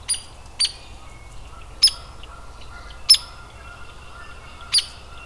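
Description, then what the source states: Hairy woodpecker uttering five crisp, emphatic peek notes over a quiet background with a low hum. Adult bird.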